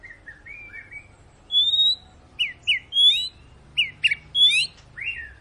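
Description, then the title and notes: White-rumped shama song: loud whistled notes, some rising and some falling, given in short separate bursts with brief pauses, plus a soft low hum behind. Long, lively ('gacor') lure song of murai batu, played to prompt birds to sing. "Pancingan Murai Batu Gacor Panjang. muraiku"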